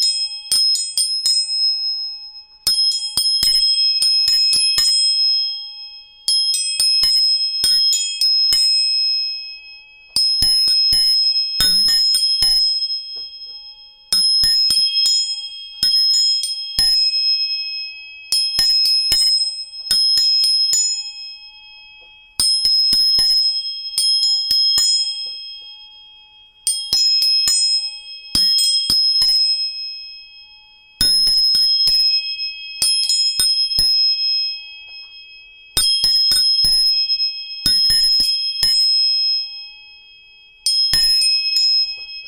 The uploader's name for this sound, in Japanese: 音叉チューニング3本